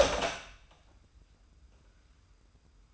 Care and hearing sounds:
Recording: daily activity, microphone in the room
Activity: open door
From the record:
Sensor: 2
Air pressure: 990.3 hPa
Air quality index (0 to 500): 187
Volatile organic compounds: 1000 ppm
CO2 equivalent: 5939 ppm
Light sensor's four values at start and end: 34/81/33/33 and 34/80/33/33

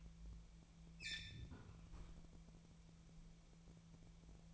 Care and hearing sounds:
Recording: daily activity, microphone in the room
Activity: close fridge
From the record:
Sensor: 1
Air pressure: 1000.0 hPa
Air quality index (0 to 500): 133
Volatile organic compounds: 2 ppm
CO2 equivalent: 1259 ppm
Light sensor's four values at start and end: 36/90/38/46 and 36/90/38/46

